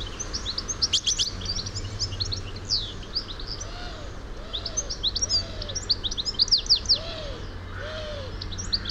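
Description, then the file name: European goldfinch calls, a busy stream of high tinkling chirps, while a lower rounded note repeats several times in the second half; steady low background hum. "Carduelis carduelis"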